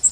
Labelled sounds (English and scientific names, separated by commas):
Yellow Warbler (Setophaga petechia) flight call